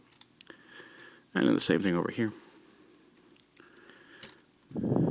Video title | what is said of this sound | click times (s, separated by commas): Human Alliance LEADFOOT w/ Sgt. Detour and Steeljaw | and make sure it snaps and clicks into place down there like that | 0.4 s